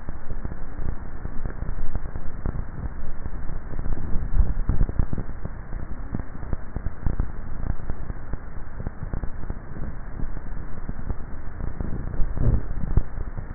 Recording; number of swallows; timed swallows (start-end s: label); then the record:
swallowing sounds by neck microphone; 2
4.12-5.22 s: swallow
12.22-13.15 s: swallow
From the record:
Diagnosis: dysphagia